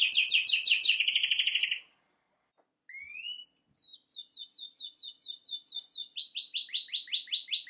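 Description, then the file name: Canary song: a loud fast double trill, a pause, a rising whistle, then a steady run of short repeated chips and a series of descending notes. "Canary Voice"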